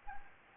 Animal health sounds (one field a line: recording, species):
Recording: mosquito wingbeat signal from an infrared sensor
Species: Anopheles gambiae